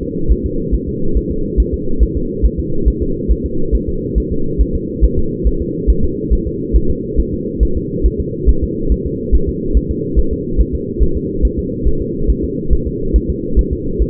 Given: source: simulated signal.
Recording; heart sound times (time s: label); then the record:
fetal heart sounds
0.03 s: S2
0.32 s: S1
0.46 s: S2
0.75 s: S1
0.89 s: S2
1.17 s: S1
1.31 s: S2
1.60 s: S1
1.74 s: S2
2.03 s: S1
2.17 s: S2
2.45 s: S1
2.59 s: S2
2.88 s: S1
3.02 s: S2
3.31 s: S1
3.46 s: S2
3.75 s: S1
3.89 s: S2
4.18 s: S1
4.32 s: S2
4.61 s: S1
4.75 s: S2
5.04 s: S1
5.19 s: S2
5.47 s: S1
5.62 s: S2
5.90 s: S1
6.04 s: S2
6.33 s: S1
6.47 s: S2
6.76 s: S1
6.90 s: S2
7.20 s: S1
7.34 s: S2
7.63 s: S1
7.77 s: S2
8.06 s: S1
8.20 s: S2
8.49 s: S1
8.64 s: S2
8.92 s: S1
9.06 s: S2
9.35 s: S1
9.49 s: S2
9.77 s: S1
9.91 s: S2
10.19 s: S1
10.33 s: S2
10.61 s: S1
10.75 s: S2
11.03 s: S1
11.17 s: S2
11.45 s: S1
11.59 s: S2
11.88 s: S1
12.02 s: S2
12.30 s: S1
12.44 s: S2
12.73 s: S1
12.87 s: S2
13.16 s: S1
13.30 s: S2
13.59 s: S1
13.73 s: S2
14.02 s: S1
From the record:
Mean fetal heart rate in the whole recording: 140 bpm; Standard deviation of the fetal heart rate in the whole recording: 2 bpm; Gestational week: 34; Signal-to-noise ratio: -8.1 dB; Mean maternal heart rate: 72 bpm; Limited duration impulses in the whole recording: absent